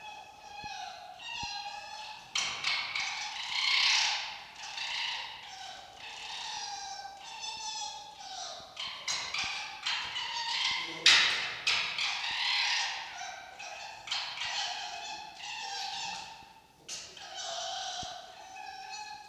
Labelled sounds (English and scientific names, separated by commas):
Red Fox (Vulpes vulpes)